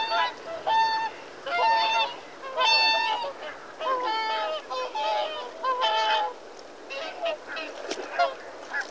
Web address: BBC Sound Effects Library (Birds) Mute Swan (Cygnus Olor) Calls